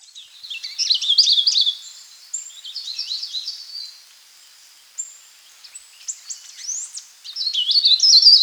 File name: sulawesi leaf warbler